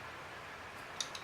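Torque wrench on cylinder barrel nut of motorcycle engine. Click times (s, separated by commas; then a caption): 1.0 s. A torque wrench set to spec tightens a cylinder barrel nut on a two-stroke motorcycle engine, working in a cross pattern. Over a steady low hiss, the wrench gives a sharp click at 1.0 s, followed by a fainter tick at about 1.2 s, confirming the nut has reached its torque setting.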